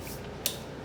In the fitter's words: this ain't just folds locks into place there